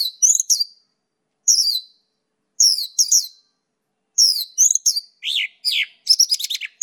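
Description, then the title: Bird song of bright, high chirped phrases with quick downslurred notes, coming in spaced bursts, then crowding together faster near the end. "SuaraBurung Kicau"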